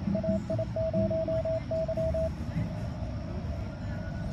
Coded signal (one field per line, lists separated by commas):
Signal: Morse code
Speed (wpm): 25 wpm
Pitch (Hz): 650 Hz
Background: radio noise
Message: AI0Y